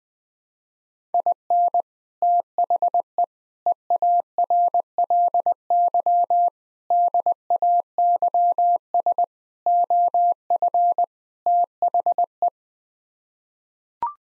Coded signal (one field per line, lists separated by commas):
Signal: Morse code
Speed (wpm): 20 wpm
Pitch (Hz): 700 Hz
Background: none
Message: IN THE EARLY DAYS OF THE